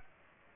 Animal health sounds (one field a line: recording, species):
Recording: mosquito wingbeat signal from an infrared sensor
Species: Aedes aegypti